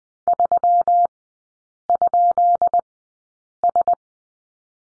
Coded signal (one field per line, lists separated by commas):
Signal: Morse code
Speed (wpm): 20 wpm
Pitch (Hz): 700 Hz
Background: none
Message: 3?S